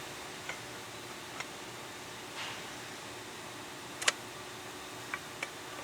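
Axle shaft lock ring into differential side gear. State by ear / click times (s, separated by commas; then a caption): seated / 4.1 s. A greased chromoly axle shaft with a lock ring (circlip) on its splined end is pushed into the third member of a Suzuki Samurai front axle, until the ring snaps into the differential side gear. Faint metallic ticks and a soft scrape over a steady low hum lead to a sharp, bright click at 4.1 s, with a few lighter ticks after it. The shaft is then checked and is locked in, seated.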